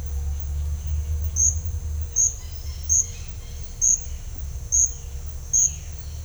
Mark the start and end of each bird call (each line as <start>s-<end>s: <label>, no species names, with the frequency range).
2.41s-3.77s: bird call (1.7-6.0 kHz)